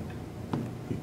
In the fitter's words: You can hear the click.